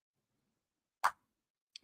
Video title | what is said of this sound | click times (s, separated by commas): Build The VW T1 Samba - ISSUE 74 | That was a really nice, satisfying click. | 1.1 s